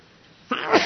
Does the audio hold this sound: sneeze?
yes